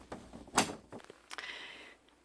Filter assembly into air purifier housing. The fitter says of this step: and to put everything back together it's very simple everything just snaps back into place